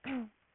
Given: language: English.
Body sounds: throat vibration sensor signal played as sound; throat clearing

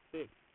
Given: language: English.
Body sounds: throat vibration sensor signal played as sound; speech

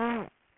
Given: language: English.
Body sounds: throat vibration sensor signal played as sound; throat clearing

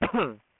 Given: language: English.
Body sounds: throat vibration sensor signal played as sound; cough

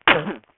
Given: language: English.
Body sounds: throat vibration sensor signal played as sound; cough

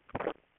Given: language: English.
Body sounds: throat vibration sensor signal played as sound; swallow

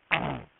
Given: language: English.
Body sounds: throat vibration sensor signal played as sound; throat clearing

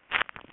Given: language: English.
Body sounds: throat vibration sensor signal played as sound; swallow

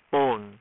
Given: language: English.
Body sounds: throat vibration sensor signal played as sound; speech

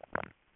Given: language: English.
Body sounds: throat vibration sensor signal played as sound; swallow

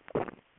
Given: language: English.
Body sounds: throat vibration sensor signal played as sound; swallow

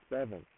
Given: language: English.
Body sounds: throat vibration sensor signal played as sound; speech

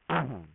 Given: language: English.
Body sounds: throat vibration sensor signal played as sound; throat clearing

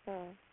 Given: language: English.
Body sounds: throat vibration sensor signal played as sound; speech

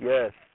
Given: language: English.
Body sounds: throat vibration sensor signal played as sound; speech

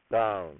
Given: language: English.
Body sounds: throat vibration sensor signal played as sound; speech

